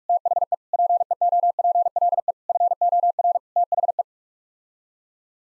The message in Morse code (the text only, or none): THE PEOPLE FOR THE